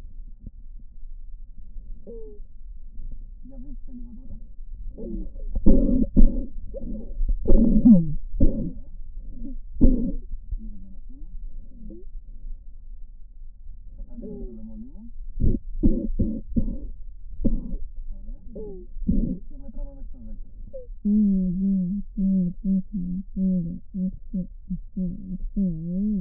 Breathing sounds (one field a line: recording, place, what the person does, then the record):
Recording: lung sounds by stethoscope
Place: right anterior apical chest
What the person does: quiet breathing, then cough and speech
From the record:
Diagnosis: asthma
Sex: female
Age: 56 years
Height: 161 cm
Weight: 85 kg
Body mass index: 32.8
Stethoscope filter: diaphragm mode